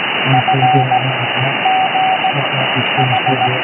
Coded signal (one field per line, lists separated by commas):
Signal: Morse code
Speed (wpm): 16 wpm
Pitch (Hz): 760 Hz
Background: radio noise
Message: F G H